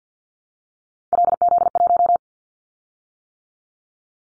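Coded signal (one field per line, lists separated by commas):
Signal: Morse code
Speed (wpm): 50 wpm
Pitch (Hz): 700 Hz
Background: none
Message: LZ1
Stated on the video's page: Callsign prefixes of the top 100 DXCC entities sent at 50 wpm as a head-copy drill; each prefix is sent, spoken, then sent again.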